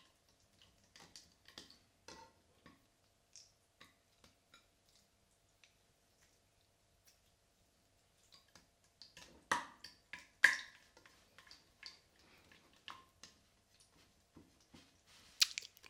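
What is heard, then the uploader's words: Slime being played with, giving soft squishing and sticky popping sounds in short, irregular bursts. Small clicks and smacks come every second or so, growing denser and louder around ten seconds, with a sharp bright snap near the end. Play with Slime - Squishing and Sticky Sounds.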